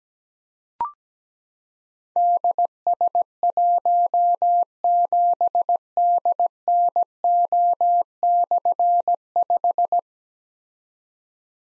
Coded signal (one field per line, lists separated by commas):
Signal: Morse code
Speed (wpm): 17 wpm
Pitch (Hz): 700 Hz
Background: none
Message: DS17DNO/5